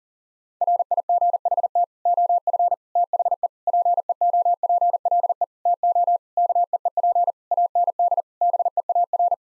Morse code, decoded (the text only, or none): RIGHT OF THE PEOPLE TO KEEP AND BEAR